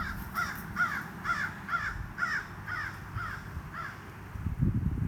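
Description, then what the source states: American crow giving repeated hoarse caws at a quick pace, then falling silent as low noise rises at the end. Family group of seven crows in town, one calling the group; county park, Trenton, Gilchrist County; fairly open area with many large oaks and pines.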